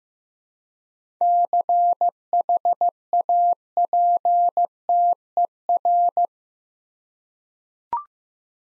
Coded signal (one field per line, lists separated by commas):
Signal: Morse code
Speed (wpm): 15 wpm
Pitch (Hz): 700 Hz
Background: none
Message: CHAPTER